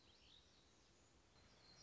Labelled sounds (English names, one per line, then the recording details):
Black-throated Gray Warbler
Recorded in Sonoma County, California